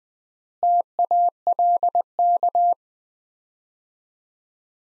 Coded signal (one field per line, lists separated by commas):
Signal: Morse code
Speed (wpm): 21 wpm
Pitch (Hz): 700 Hz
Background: none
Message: TALK